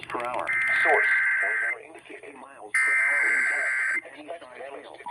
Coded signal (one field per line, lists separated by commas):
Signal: Emergency Alert System (SAME) tones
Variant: header bursts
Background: speech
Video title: Severe Weather EAS Alerts (Marginal Risk) (7/10/26) EAS 291 - 335